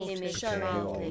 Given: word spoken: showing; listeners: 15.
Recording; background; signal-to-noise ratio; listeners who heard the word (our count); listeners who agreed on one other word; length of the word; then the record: one English word in noise, from a listening test; four-talker babble; -2.1 dB; 3 of 15; 6 of 15; 0.71 s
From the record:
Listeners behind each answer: 6, 3, 2, 1, 1, 1, 1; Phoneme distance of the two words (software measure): 30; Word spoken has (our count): 2 syllables, 4 phonemes, stress on syllable 1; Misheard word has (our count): 2 syllables, 4 phonemes, stress on syllable 1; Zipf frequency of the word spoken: 4.77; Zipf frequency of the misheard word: 4.64